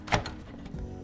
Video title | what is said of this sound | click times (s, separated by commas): PS5 Pro or Build a PC? 👑 BEST $700 Gaming PC Build Guide 2025 | this is probably going to go in so I'm going to go ahead and give it a firm press and I want to hear it click | 0.1 s, 0.3 s